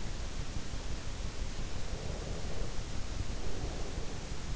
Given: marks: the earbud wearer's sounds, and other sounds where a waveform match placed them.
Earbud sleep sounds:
sounds in sleep by an in-ear microphone; breath
1.72-4.46 s: breath

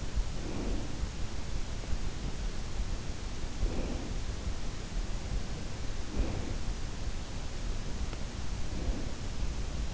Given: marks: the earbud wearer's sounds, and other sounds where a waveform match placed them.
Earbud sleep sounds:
sounds in sleep by an in-ear microphone; breath
0.00-1.42 s: breath
3.16-4.46 s: breath
5.88-7.11 s: breath
7.69-9.82 s: breath

